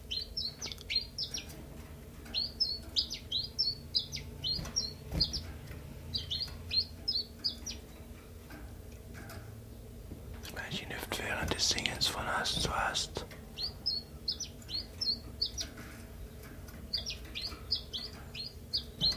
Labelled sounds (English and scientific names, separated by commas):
Common Chiffchaff (Phylloscopus collybita)